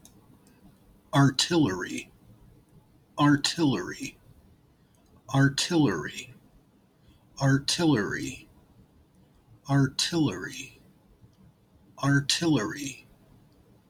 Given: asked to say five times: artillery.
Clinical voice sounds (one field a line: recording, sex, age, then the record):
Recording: repeated word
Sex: male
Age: 40 to 49 years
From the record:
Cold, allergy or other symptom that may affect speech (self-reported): no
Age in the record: 45 years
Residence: United States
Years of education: 12